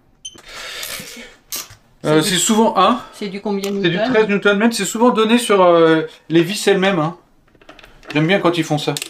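A torque wrench tightens a suspension mounting bolt while fitting the suspension on a mountain bike. It gives a short sharp click at 0.3 s when it reaches the set torque of 13 Nm, and then someone talks.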